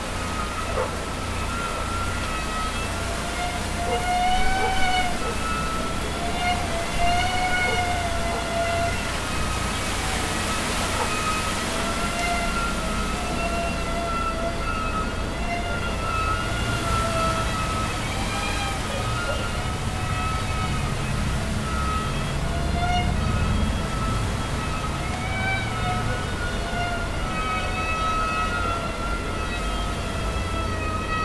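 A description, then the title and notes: Traditional screamer kites drone overhead, steady wavering whines layered in several pitches that rise and sag as the wind shifts, running without a break for the whole half minute. A low rumble of wind sits underneath, swelling around ten seconds. Bermuda's traditional screamer kites. The noise of wind in trees. Recorded by Mark Wilden.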